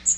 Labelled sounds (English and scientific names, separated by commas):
Magnolia Warbler (Setophaga magnolia) flight call